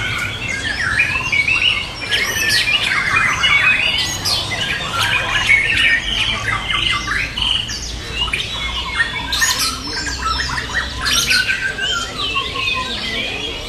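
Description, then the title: White-rumped shama song, loud varied phrases of whistles, trills and sharp high notes, ending with a falling whistled slur. Wild bird singing in forest; original song. "Kicau Asli Murai Batu Hutan"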